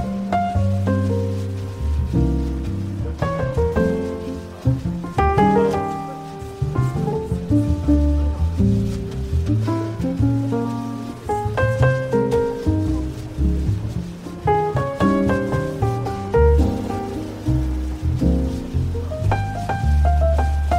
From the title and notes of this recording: Beach Cafe Ambience With Relaxing Coffee Shop Music, Ocean Waves, Soft Chatter.